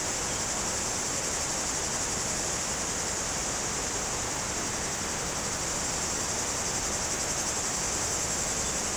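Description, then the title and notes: Cicada buzzing: an unbroken high-pitched whine, steady in level, layered over the constant rush of a river. Cicadas very active in trees near the Jourdan river, slopes of the Grand Colombier above Culoz, France, on a hot day. "Chem. de Romagnieux, 01350 Culoz, France - Rivière et cigales. Sur les pentes du Grand Colombier au dessus de Culoz , par cette chaude journée les cigales sont très actives dans les arbres près du Jourdan"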